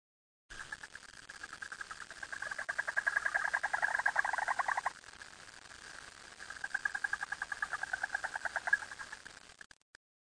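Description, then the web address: Frog calling in a long, rapid, rattling trill of evenly pulsed notes that swells, breaks off briefly, then resumes before fading. "frog zukan"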